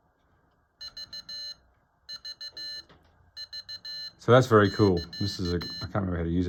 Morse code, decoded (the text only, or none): VVV <KA>